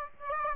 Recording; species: mosquito wingbeat signal from an infrared sensor; Aedes aegypti